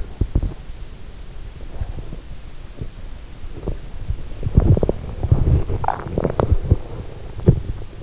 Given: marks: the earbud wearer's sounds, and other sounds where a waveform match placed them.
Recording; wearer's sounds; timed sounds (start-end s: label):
sounds in sleep by an in-ear microphone; breath, teeth grinding
0.00-0.65 s: breath
0.00-8.03 s: teeth grinding